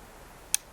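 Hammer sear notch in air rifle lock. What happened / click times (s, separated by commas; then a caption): A metal catch snapped into its first notch / 0.5 s. As the hammer of a historic Girardoni military air rifle, its reservoir completely full, is drawn back, the hammer's sear catches the first of the lock's three cock notches, the valve/safety click. A single sharp metallic click rings out at 0.5 s against a quiet background. The hammer is seated in its first notch.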